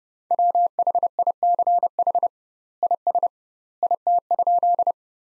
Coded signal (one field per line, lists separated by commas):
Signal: Morse code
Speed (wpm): 30 wpm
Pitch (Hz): 700 Hz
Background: none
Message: WHICH IS IT?